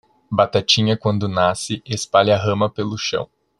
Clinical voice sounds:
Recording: short text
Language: Brazilian Portuguese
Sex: male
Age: 20 to 29 years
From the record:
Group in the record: control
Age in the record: 26 years

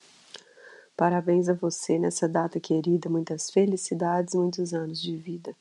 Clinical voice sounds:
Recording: short text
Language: Brazilian Portuguese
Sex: female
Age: 40 to 49 years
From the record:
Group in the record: control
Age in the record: 40 years

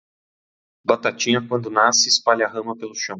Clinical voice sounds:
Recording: short text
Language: Brazilian Portuguese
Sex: male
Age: 30 to 39 years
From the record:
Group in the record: control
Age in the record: 31 years

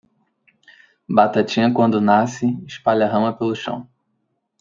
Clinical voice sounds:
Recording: short text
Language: Brazilian Portuguese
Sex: male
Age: 20 to 29 years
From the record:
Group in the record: control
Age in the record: 26 years

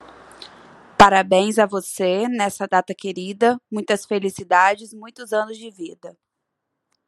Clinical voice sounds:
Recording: short text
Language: Brazilian Portuguese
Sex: female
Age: 30 to 39 years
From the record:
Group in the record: control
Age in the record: 32 years

